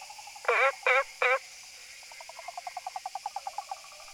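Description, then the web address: Frog call with three loud buzzy notes early on, followed by a run of quick, softer repeated pulses. Recorded 18 August 2013. "frog rec 20130818"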